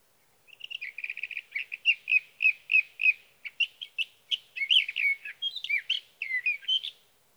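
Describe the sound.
Sage thrasher song beginning with a rapid rattle of short repeated notes, then a long flowing run of varied warbled and slurred phrases.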